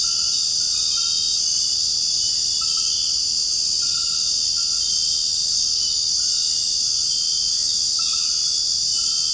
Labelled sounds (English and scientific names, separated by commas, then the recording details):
none
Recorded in secondary vegetation near Puerto Asís, Putumayo, Colombia, on 8 March 2025 at 22:00
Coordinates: 0.502, -76.326
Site G100